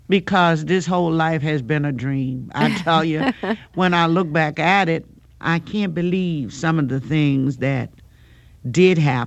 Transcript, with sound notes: Because this whole life has been a dream. I tell you...
(Laughter).
...When I look back at it, I can't believe some of the things that did happen.